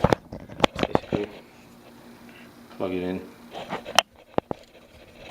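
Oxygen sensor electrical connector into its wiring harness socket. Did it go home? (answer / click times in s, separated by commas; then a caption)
no / none. A plastic oxygen sensor electrical connector in the engine bay of a 2006 Porsche Boxster 987 is handled and lined up with its wiring harness socket while someone talks. Sharp plastic ticks and knocks are heard throughout the clip. Nothing has seated or clicked in yet.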